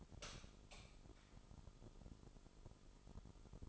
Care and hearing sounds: daily activity, microphone in the room; light on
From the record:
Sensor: 5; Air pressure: 988.5 hPa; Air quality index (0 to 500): 215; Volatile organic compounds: 113 ppm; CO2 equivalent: 3833 ppm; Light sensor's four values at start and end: 44/132/52/55 and 45/137/53/57

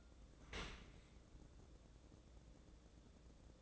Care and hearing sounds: daily activity, microphone in the room; open dishwasher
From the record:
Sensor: 3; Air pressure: 1012.3 hPa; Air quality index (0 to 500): 146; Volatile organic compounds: 2 ppm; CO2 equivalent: 1128 ppm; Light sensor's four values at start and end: 496/1216/501/493 and 497/1219/502/494

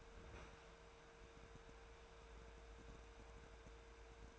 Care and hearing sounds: daily activity, microphone in the room; open fridge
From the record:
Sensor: 2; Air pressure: 1014.7 hPa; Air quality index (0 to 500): 189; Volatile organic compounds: 15 ppm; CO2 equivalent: 2497 ppm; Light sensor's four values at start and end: 9/23/9/10 and 9/22/9/10

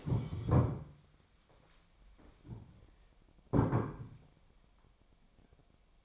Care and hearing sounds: daily activity, microphone in the room; stand up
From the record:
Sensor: 1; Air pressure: 1015.2 hPa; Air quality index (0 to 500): 156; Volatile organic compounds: 9 ppm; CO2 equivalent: 2165 ppm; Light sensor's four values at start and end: 12/30/12/13 and 12/30/12/13

